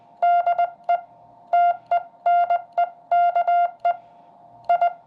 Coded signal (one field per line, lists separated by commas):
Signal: Morse code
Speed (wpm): 20 wpm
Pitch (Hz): 700 Hz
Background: none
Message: DE TENEKE I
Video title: Te-Ne-Ke Portable Morse Code Paddle by Boyd Mason NE8KE